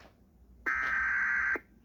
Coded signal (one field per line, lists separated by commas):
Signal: Emergency Alert System (SAME) tones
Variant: header bursts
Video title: Eas Scenario Stan.exe Part 1 #1